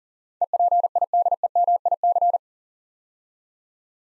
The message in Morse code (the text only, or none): EPIDEMIC